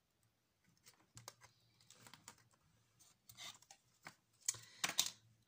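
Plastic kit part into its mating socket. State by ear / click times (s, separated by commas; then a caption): partly seated / 4.5 s, 4.8 s, 5.0 s. A plastic model kit part is pressed into its mating socket, with soft scattered plastic taps and rustles before three sharp clicks at 4.5, 4.8 and 5.0 seconds. The part fits together but does not hold firmly.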